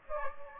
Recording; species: mosquito wingbeat signal from an infrared sensor; Aedes aegypti